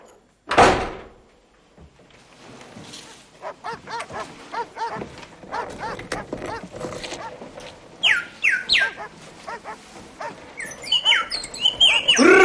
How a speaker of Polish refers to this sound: Rudzik! Delikatny i potulny. Nóżki ma takie cienkie niczym zapałki. Ależ głośno krzyczy. Ostrzega inne samce. O, jaki odważny. No i cóż tam tak walczysz z kolegą?